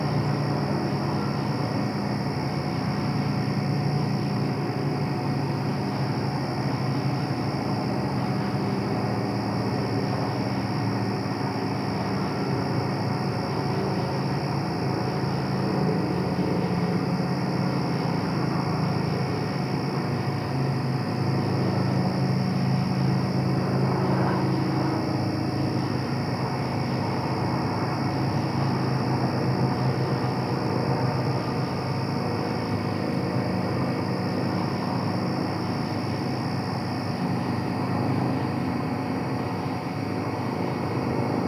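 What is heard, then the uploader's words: Night insects on a Michigan summer evening keep up a steady, unbroken high buzzing trill throughout. Beneath it runs a constant low rumble like far-off traffic, with a slight swell around the middle, and the overall level stays even from start to finish. Midwest Michigan Summer Night. Insects and animals that only come out at night. This audio was captured using a Sennheiser mkh-416 shotgun mic and a Sound Devices MixPre-6 digital recorder.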